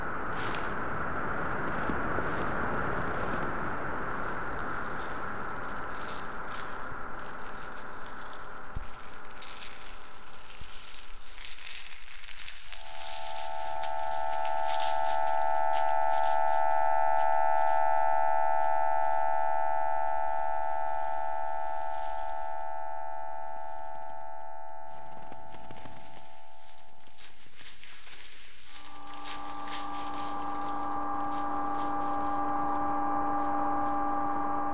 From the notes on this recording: generative ambient composition made of normally distributed sounds including recorded samples (paper, snow, salt) and synthesized microtonal chords